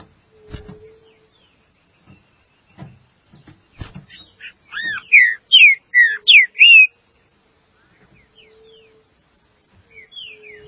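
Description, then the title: Green-winged saltator song: a rapid series of several loud, arched and down-slurred whistled notes midway, with light knocks and faint whistles around it. "Trinca Ferro"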